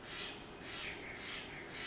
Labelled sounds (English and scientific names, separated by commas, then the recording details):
Steller's Jay (Cyanocitta stelleri)
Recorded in Sonoma County, California